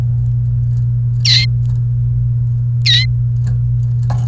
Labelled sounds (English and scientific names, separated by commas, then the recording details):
Domestic Canary (Serinus canaria) song
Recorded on 29 April 2018 at 13:08
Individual llb3